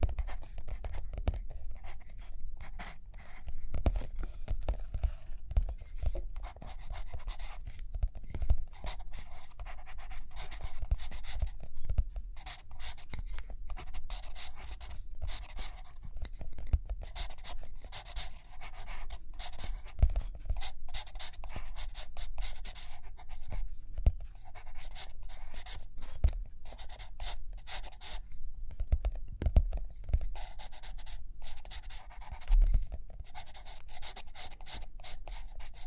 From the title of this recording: Page Turning and Tapping, Writing, Drawing